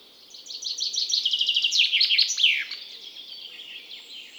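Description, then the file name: Common chaffinch song: a cascading trill of repeated notes dropping in pitch, ending in a flourish, followed by quiet background. "Fringilla coelebs"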